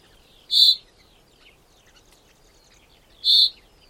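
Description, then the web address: Common chaffinch call: two loud, crisp single notes nearly three seconds apart, with quiet chirps of other birds in between. "Deverinetal 2025 File origin Bird Only Fr Co"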